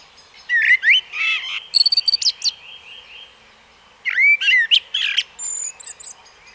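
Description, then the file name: Common blackbird singing two fluty warbled phrases ending in thin high squeaks, with a steady buzzy tone between them. "Turdus merula"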